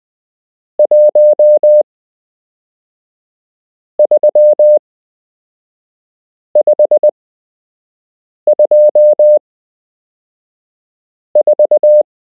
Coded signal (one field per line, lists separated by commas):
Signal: Morse code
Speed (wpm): 20 wpm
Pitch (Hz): 600 Hz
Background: none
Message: 13524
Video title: You can learn Morse code - Part 7